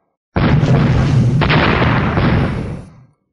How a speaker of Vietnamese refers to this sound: Một tiếng vang thật lớn, một cổ sóng khí cuồng bạo vô cùng như bài sơn đảo hải áp tới bốn phương, cuốn lấy ngọn lửa màu đen cùng nhiều loại lực lượng pháp tắc, trong nháy mắt trùng kích đánh bay mọi người chung quanh ra ngoài.